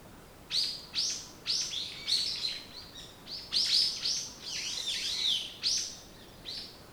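Bird song: bright high chirps repeated about twice a second, merging midway into a fuller twittering run of slurred sweeping notes.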